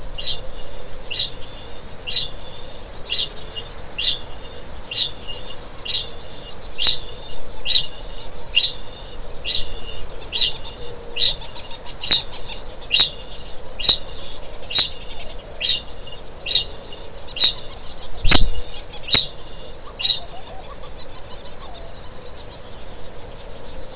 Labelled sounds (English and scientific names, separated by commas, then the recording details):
Kākāpō (Strigops habroptilus) ching call
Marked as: faintness 3/5
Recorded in New Zealand
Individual Stumpy